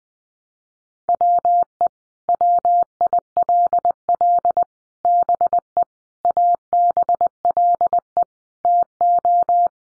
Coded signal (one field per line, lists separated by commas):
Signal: Morse code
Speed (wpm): 20 wpm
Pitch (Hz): 700 Hz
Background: none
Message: WE WILL BE ABLE TO